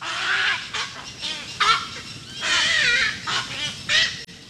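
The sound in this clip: Cattle egret giving several harsh calls in short bursts.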